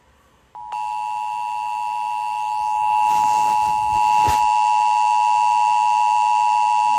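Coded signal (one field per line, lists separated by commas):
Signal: Emergency Alert System (SAME) tones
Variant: 853 and 960 Hz attention tone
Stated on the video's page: Fictional alert scenario about a global hurricane, an animation.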